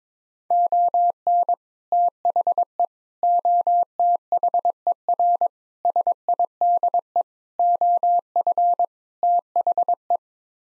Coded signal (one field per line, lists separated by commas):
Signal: Morse code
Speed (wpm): 22 wpm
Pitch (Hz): 700 Hz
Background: none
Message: ON THE OTHER SIDE OF THE